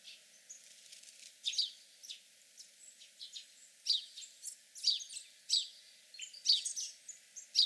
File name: House Sparrow